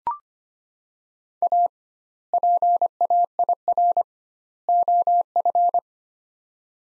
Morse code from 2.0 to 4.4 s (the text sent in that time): PAIR